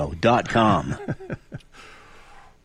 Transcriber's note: laughs